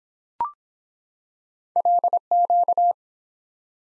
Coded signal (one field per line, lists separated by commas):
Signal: Morse code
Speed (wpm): 23 wpm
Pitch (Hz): 700 Hz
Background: none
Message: LQ